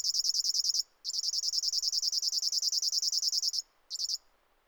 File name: River Warbler